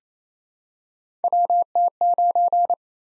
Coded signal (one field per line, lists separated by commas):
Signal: Morse code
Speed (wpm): 28 wpm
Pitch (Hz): 700 Hz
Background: none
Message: WT9